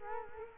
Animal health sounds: mosquito wingbeat signal from an infrared sensor; Culex quinquefasciatus

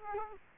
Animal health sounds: mosquito wingbeat signal from an infrared sensor; Culex quinquefasciatus

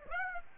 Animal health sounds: mosquito wingbeat signal from an infrared sensor; Aedes aegypti

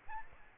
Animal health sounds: mosquito wingbeat signal from an infrared sensor; Aedes aegypti

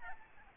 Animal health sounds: mosquito wingbeat signal from an infrared sensor; Aedes albopictus

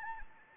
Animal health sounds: mosquito wingbeat signal from an infrared sensor; Anopheles gambiae

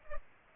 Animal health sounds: mosquito wingbeat signal from an infrared sensor; Culex pipiens

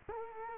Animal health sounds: mosquito wingbeat signal from an infrared sensor; Culex quinquefasciatus

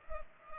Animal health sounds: mosquito wingbeat signal from an infrared sensor; Culex pipiens

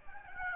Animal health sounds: mosquito wingbeat signal from an infrared sensor; Aedes aegypti

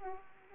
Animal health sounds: mosquito wingbeat signal from an infrared sensor; Anopheles arabiensis

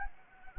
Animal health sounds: mosquito wingbeat signal from an infrared sensor; Anopheles gambiae

